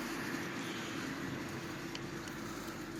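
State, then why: Not seated. A Kobalt click-type torque wrench is loaded again during a DIY calibration after its setting has been adjusted. A steady broadband hiss fills the clip, with only a faint, brief tick near 1.9 seconds. The wrench mechanism has not clicked yet.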